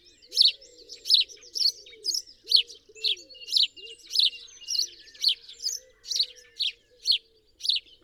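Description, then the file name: House sparrow call, a run of sharp chirps roughly every half second, some doubled, over a faint low wavering background tone. "Passer domesticus"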